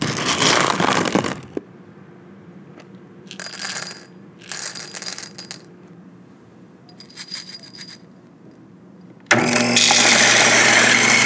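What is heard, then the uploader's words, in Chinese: Quiet hand-brewed coffee preparation, opening with a loud rushing burst that cuts off at about 1.5 seconds. A low steady hum underlies short bright scraping or grinding bursts around 3–5 and 7–8 seconds, then a loud continuous rush returns at 9 seconds to the end. 靜默的手沖一杯咖啡。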